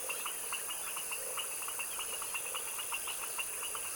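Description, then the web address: Frog chorus of many short, clicky pulsed notes repeating rapidly and unevenly from several callers, over a constant high-pitched insect drone. Foaming frog chorus in a tropical wetland swamp, recorded in the evening at dusk. "Articulated Sounds - Tropical Ambiences TROPICAL Wetland swamp evening foaming frog dusk chorus"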